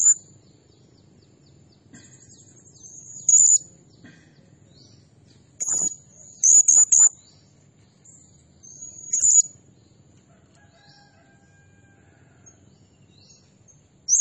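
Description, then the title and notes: Blue-crowned hanging parrot giving shrill, very high, buzzy bursts in irregular clusters, with thin high whistled lines between them over a low steady hum. Training and lure recording of energetic, continuously singing ('nembak gacor') blue-crowned hanging parrot, said to provoke other birds. "Burung Serindit Nembak Gacor Bikin Emosi Semua Burung. Suara Nasteran Dan Pemikat Burung Serinditan Gacor"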